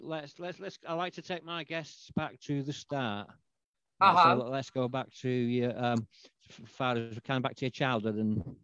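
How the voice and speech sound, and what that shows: A man speaks at a relaxed conversational pace with a clear, steady, mid-low voice and natural pitch movement. He restarts his first words and has a brief pause with a soft acknowledgement, ordinary hesitations. Voice and articulation are normal.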